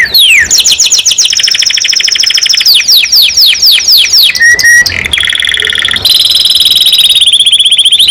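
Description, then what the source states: Domestic canary singing rapid trills of falling notes, a long fast-rolling high trill, short whistles and a buzzy, warbling close. Domestic canary described as gacor, singing constantly; a champion songbird, first place at a competition level.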